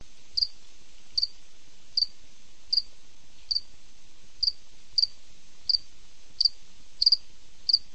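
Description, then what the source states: Cricket chirping, eleven short high chirps repeated at slightly uneven intervals over faint background noise. Night.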